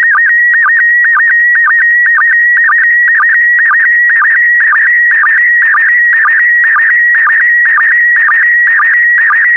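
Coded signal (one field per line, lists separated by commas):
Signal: SSTV (slow-scan television)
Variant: PD120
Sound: steady high warbling tone with a short low blip about twice a second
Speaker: complete you can now check your decoded image against the picture that is shown on the video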